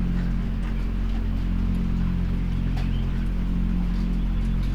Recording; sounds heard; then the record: poultry house recording; sick chickens (respiratory disease)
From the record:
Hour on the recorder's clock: 20